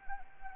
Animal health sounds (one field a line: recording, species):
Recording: mosquito wingbeat signal from an infrared sensor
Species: Anopheles arabiensis